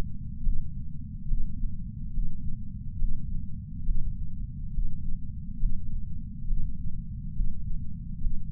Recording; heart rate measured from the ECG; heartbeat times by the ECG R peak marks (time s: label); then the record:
heart sounds by patch sensor on the chest; 69 bpm
0.42 s: heartbeat
1.27 s: heartbeat
2.12 s: heartbeat
2.97 s: heartbeat
3.84 s: heartbeat
4.72 s: heartbeat
5.59 s: heartbeat
6.46 s: heartbeat
7.34 s: heartbeat
8.20 s: heartbeat
From the record:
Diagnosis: coronary artery disease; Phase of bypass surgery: preoperative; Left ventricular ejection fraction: 61.7%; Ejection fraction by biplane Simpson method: 55%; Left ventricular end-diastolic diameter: 51 mm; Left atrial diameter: 36 mm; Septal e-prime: 7.9 cm/s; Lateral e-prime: 10.3 cm/s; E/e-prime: 9.8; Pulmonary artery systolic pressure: 23 mmHg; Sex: male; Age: 58 years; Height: 160 cm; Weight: 70 kg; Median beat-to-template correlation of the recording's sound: 0.83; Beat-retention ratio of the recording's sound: 0.99